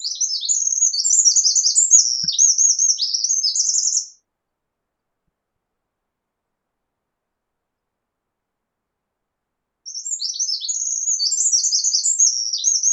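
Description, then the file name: Eurasian wren giving two bursts of rapid, piercing song, each a stream of high twitters and trills, with a silent gap of several seconds between them. "Troglodytes troglodytes"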